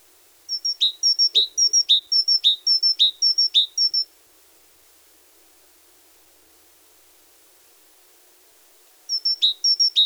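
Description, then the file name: Great tit song: a fast series of paired high-low whistled notes, teacher-teacher, for about four seconds, silence, then the same phrase resumes near the end. "Parus major"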